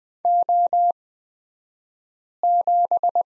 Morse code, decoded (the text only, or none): O7